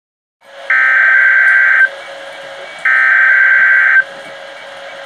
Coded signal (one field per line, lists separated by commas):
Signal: Emergency Alert System (SAME) tones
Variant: header bursts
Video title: WWG21 Required Weekly Test EAS#55 4/12/17.